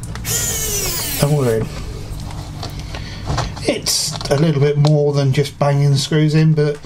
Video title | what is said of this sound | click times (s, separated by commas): #104 - Medion Digital Notepad Teardown | so turn it around you'll hear a click there you go don't | 0.0 s, 0.1 s